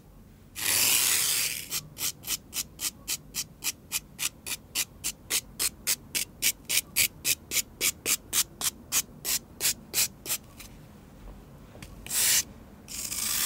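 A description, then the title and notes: Floral foam is rubbed in quick, even crunchy strokes, about three per second for eight seconds, bracketed by longer scrapes near the start and end. ASMR Floral Foam (Crunchy Sounds).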